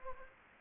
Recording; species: mosquito wingbeat signal from an infrared sensor; Anopheles gambiae